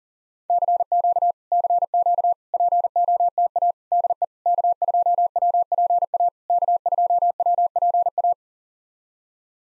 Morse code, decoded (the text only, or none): CQ CQ POTA DE K2WPA K2WPA